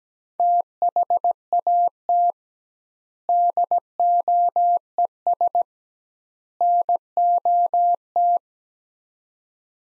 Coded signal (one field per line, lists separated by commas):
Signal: Morse code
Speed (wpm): 17 wpm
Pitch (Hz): 700 Hz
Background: none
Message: THAT DOES NOT